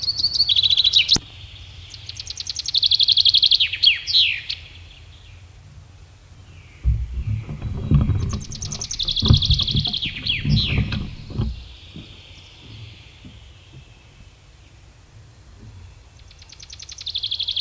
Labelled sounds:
Common Chaffinch song

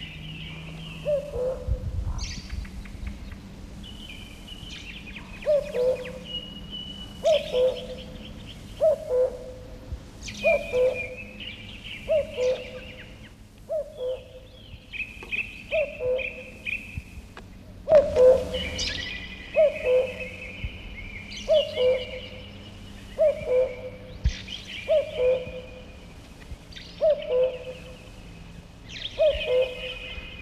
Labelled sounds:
Common Cuckoo song

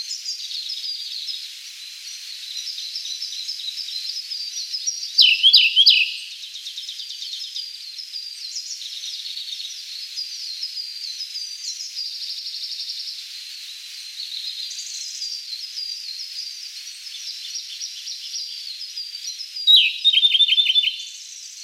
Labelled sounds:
Siberian Blue Robin song

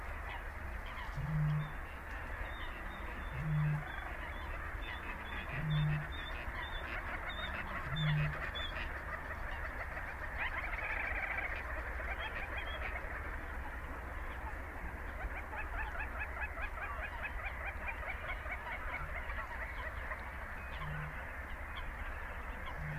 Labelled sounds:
Little Crake

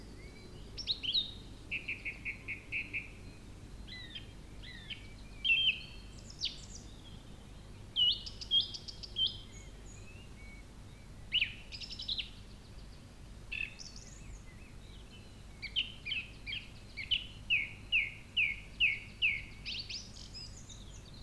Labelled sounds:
Song Thrush song

